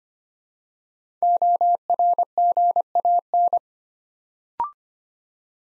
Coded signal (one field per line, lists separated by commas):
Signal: Morse code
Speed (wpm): 25 wpm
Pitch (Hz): 700 Hz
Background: none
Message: ORGAN